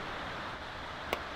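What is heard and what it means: A torque wrench set to 5–7 Nm tightens a rocker cover bolt on the engine of an XG during a stage 4 cam install. A single sharp, short click at 1.1 s rises briefly over a steady broadband hiss. The wrench has reached its set torque on the bolt.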